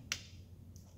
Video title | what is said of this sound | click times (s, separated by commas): E320 CDI - How to Replace Glow Plugs Without Breaking them! | want to push down until you feel or hear a snap just | 0.1 s